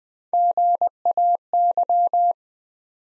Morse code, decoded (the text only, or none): GAY